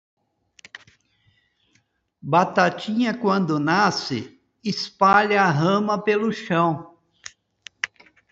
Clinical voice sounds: short text; Brazilian Portuguese; male; 60 to 69 years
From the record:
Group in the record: control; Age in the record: 65 years

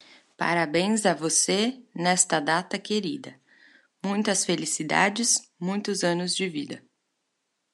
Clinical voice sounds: short text; Brazilian Portuguese; female; 30 to 39 years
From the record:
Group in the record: control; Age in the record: 35 years

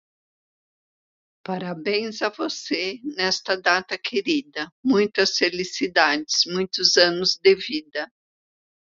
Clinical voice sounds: short text; Brazilian Portuguese; female; 50 to 59 years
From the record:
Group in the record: control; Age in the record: 56 years

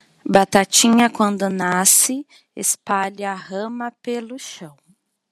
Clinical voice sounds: short text; Brazilian Portuguese; female; 40 to 49 years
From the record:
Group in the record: control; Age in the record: 43 years

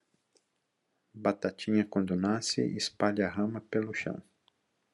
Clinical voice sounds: short text; Brazilian Portuguese; male; 50 to 59 years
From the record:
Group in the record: control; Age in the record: 59 years

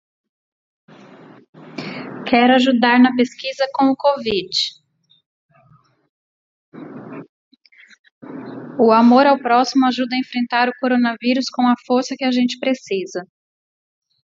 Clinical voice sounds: spoken sentence; Brazilian Portuguese; female; 40 to 49 years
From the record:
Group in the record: control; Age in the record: 41 years

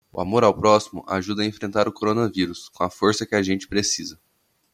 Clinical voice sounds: spoken sentence; Brazilian Portuguese; male; 20 to 29 years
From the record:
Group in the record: control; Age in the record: 22 years

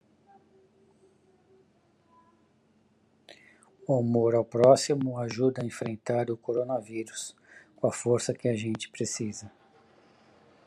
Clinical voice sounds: spoken sentence; Brazilian Portuguese; male; 50 to 59 years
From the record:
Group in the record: control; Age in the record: 50 years

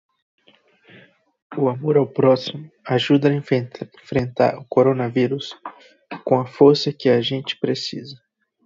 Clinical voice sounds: spoken sentence; Brazilian Portuguese; male; 20 to 29 years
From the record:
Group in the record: control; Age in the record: 28 years

